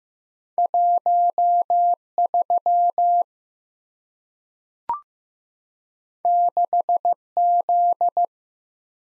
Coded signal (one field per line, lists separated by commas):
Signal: Morse code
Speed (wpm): 15 wpm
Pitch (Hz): 700 Hz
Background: none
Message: 13 6Z